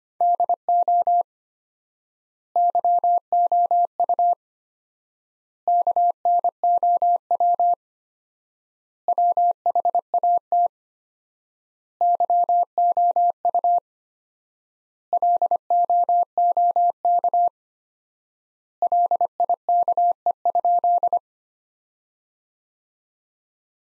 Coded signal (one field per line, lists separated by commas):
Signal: Morse code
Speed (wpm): 25 wpm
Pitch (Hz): 700 Hz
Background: none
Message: DO YOU KNOW WHAT YOU LOOK LIKE?